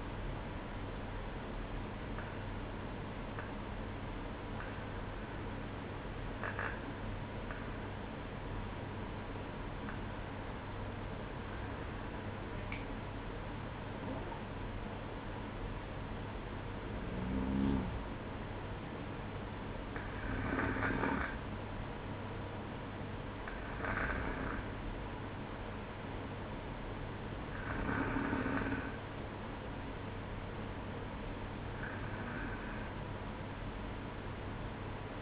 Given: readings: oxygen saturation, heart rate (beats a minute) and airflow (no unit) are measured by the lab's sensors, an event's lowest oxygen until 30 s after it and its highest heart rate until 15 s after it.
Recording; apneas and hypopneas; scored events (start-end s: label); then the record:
breathing in sleep by a voice recorder at the bedside; none
none scored
From the record:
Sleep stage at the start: N1 (lightest sleep); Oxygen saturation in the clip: 93 to 94%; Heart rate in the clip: 60 to 64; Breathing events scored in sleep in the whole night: 305 in 9.6 hours asleep